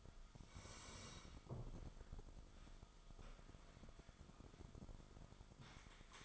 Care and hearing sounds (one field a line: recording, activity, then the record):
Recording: daily activity, microphone in the room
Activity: sit down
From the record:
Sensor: 5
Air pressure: 1005.2 hPa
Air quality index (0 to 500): 103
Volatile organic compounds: 2 ppm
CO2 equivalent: 1264 ppm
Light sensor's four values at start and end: 34/79/32/30 and 34/79/32/30